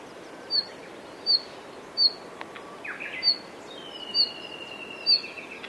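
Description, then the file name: Red-flanked bluetail calling with brief high notes about once a second, while a drawn-out, lower tone runs through the second half. "ruribi"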